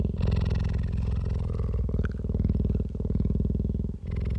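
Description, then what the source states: Cheetah giving a loud, even purring rumble, low and fast-pulsed, broken by a short dip just before four seconds. Adult cheetah.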